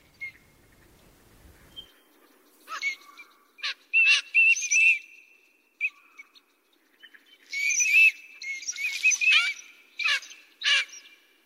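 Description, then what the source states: Eurasian teal giving sharp whistled notes in scattered groups, then a denser burst of whistles and squeaky notes. Recorded at Miyaike pond, Kagawa Prefecture, Japan.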